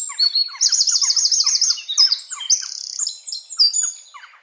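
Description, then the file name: Eurasian wren song: a fast, high, ringing outpouring with a rattling trill early on and bright twittering phrases, over a steady series of lower descending chirps. "Troglodytes troglodytes"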